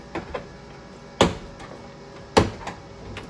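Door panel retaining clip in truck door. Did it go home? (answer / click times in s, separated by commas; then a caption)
released / 1.2 s, 2.4 s. A plastic trim removal tool is worked behind the passenger-side door panel of a 2013 Chevrolet Silverado to pry it off for a window regulator replacement. Faint ticks at about 0.2, 0.4 and 3.2 seconds surround two loud, sharp snaps at 1.2 and 2.4 seconds, as the plastic retaining clips pop loose from the metal door and the panel is released.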